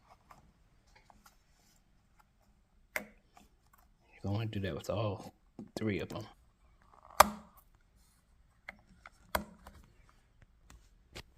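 The horn part is lined up by its holes and pushed into a Tesla Model Y carbon fiber steering wheel until it seats with one sharp, loud click at 3.0 s. Someone then talks, and more sharp clicks and taps follow, the loudest near 7.2 s and 9.4 s.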